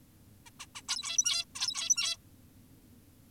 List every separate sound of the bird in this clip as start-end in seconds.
0.46-0.50, 0.60-0.66, 0.76-0.82, 0.88-1.45, 1.56-2.17